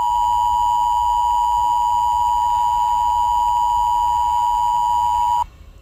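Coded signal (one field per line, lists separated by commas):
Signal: Emergency Alert System (SAME) tones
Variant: 853 and 960 Hz attention tone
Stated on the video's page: Fictional EAS scenario alert.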